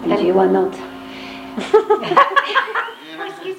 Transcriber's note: much laughter from all